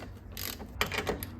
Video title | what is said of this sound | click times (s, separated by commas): Restoring the Legendary OEM Ride Quality of the Celsior / Lexus LS400 | one doesn't have a super loud satisfying click but it definitely does click you just got to more or less feel it | 0.8 s